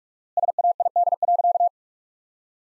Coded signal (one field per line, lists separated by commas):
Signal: Morse code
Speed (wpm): 44 wpm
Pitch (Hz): 700 Hz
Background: none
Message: SAID.